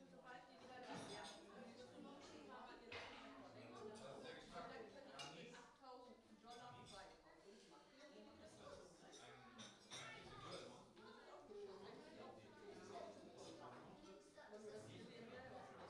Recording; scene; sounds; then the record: everyday scene through a hearing-aid microphone; many people talking; many voices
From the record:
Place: parish hall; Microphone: in the ear canal, right